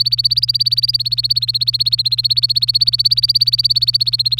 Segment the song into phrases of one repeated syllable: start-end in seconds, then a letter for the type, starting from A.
0.00-4.40 A